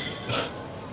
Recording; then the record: coughing mixed with background sound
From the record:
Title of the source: Spring Cold Coughing 3